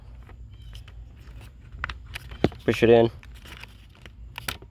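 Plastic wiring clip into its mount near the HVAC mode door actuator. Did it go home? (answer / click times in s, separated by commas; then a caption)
yes / 4.4 s. A plastic wiring clip is pushed into its mount behind the dash, near the HVAC mode door actuator of a 2011-2014 Hyundai Sonata being refitted for HVAC mode not changing. Someone talks, surrounded by small handling taps and rustles. The clip clicks and seats at 4.4 s.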